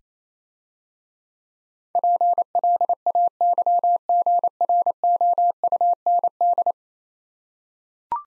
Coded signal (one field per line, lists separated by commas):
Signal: Morse code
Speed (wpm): 27 wpm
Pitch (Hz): 700 Hz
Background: none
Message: PLAYGROUND